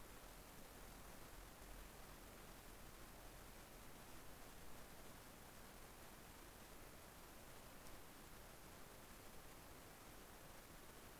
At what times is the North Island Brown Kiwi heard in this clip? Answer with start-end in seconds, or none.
none